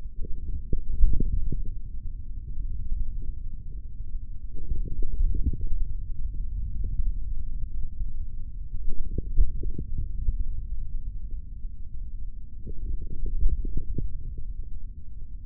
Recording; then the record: forearm muscle sounds (acoustic myography)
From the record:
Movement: hand closing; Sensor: system 3, bracelet of six PUI Audio POM-2738L microphones around the upper forearm, with dedicated amplification and filtering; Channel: 2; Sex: male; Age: 23 years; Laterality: right